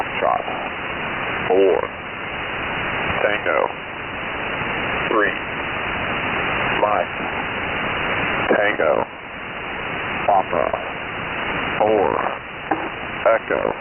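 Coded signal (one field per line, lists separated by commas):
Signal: coded military voice message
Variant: HFGCS Emergency Action Message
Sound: male voice reading phonetic alphabet letters and numbers through heavy shortwave static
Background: radio static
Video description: Unusual HFGCS traffic on July 01 2024, as broadcast by E6 #AE040D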